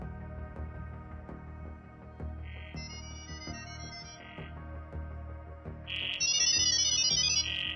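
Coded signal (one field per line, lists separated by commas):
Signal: data over sound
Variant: ggwave (Gibberlink)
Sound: rapid chirpy bursts of many high beeping tones, two separate bursts, with buzzy start/end blocks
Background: low background hum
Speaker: como pudieron ver en el video un asistente de Inteligencia artificial en una computadora comienza a charlar con otra Inteligencia artificial simulando una reservación de hotel pero a mitad de la conversación los Bots se cambian al modo jerling este modo es una locura una mezcla de sonidos que parecen sacados de los viejos modems de comunicación o de pitidos de robots de Star Wars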